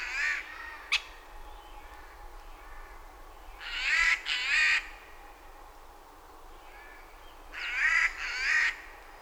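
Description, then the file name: Eurasian jay's rasping screeches in three groups, each about four seconds apart, mostly paired, with one sharp click early on. "Garrulus glandarius"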